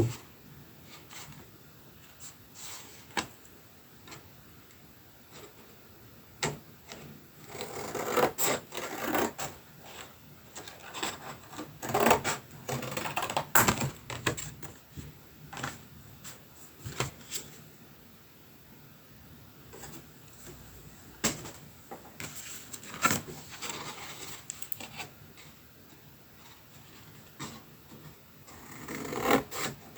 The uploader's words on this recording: Sound spa of scissor cuts, hole punching and ribboning - for mindfulness and ASMR.